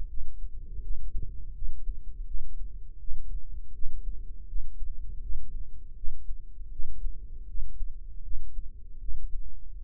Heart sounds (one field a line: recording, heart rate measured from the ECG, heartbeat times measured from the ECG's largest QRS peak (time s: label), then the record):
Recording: heart sounds by microphone in the right ear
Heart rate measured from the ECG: 80 bpm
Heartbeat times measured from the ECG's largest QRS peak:
0.08 s: heartbeat
0.82 s: heartbeat
1.54 s: heartbeat
2.26 s: heartbeat
2.99 s: heartbeat
3.73 s: heartbeat
4.47 s: heartbeat
5.21 s: heartbeat
5.95 s: heartbeat
6.71 s: heartbeat
7.47 s: heartbeat
8.22 s: heartbeat
8.99 s: heartbeat
9.78 s: heartbeat
From the record:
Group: healthy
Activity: rest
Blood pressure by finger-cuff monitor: 101/56 mmHg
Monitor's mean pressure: 71 mmHg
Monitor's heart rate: 81 bpm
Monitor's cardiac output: 6.7 L/min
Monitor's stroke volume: 81 mL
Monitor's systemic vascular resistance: 760 dyn s/cm5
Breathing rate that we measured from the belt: 19 breaths a minute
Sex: female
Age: 43 years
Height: 160 cm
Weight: 90 kg